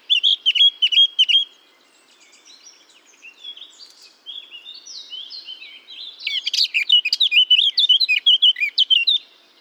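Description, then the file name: Eurasian blackcap song: a rich warbling phrase with clear whistled notes, a quieter chattering passage, then a loud fluty burst of varied whistles near the end. "Sylvia atricapilla"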